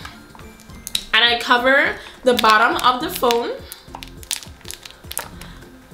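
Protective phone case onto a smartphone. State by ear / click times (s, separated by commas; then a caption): seated / 5.1 s, 5.2 s. A plastic protective case is pressed over the bottom of a smartphone while someone talks. After some light handling sounds, sharp snaps at 5.1 s and 5.2 s mark the case seating onto the phone.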